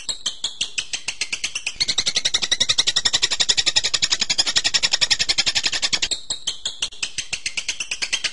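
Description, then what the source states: Bird song: spaced sharp chirps that quicken into a dense, rolling run of high notes, then slow back to separate chirps. Masteran birdsong training recording of bird sounds.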